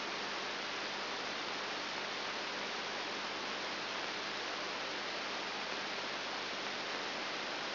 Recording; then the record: brain microelectrode recording played as sound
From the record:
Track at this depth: inside the subthalamic nucleus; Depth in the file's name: 1.504 mm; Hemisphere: left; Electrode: 3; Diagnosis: Parkinson's disease